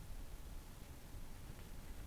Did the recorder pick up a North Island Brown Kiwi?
no